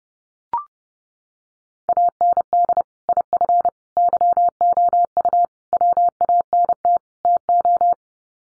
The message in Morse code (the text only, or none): AND IF YOU WANT TO